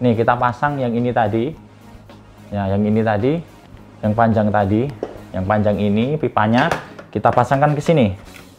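A long extension pipe is being pushed onto the body of a Philips handheld vacuum cleaner. Someone talks throughout over background music, with a brief faint handling sound near 2.1 s. The clip ends before the pipe clicks into place, so nothing has seated yet.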